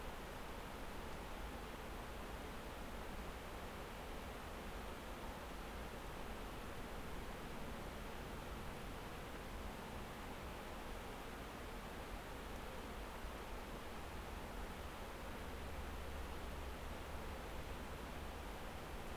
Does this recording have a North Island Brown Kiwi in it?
no